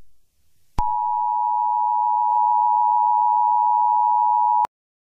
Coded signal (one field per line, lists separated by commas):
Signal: Emergency Alert System (SAME) tones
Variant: 853 and 960 Hz attention tone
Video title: [EAS] Korty & Dead Friends #01000100 01101001 01100101